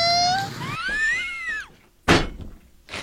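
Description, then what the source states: Box turtle mating sound: a thin rising then falling squeal, followed by two dull knocking thumps. A small box turtle mating.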